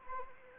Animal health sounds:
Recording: mosquito wingbeat signal from an infrared sensor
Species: Anopheles arabiensis

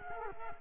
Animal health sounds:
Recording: mosquito wingbeat signal from an infrared sensor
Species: Culex quinquefasciatus

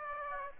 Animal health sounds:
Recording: mosquito wingbeat signal from an infrared sensor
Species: Aedes aegypti

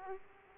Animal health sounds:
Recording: mosquito wingbeat signal from an infrared sensor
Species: Aedes aegypti

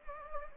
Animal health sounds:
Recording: mosquito wingbeat signal from an infrared sensor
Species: Anopheles gambiae

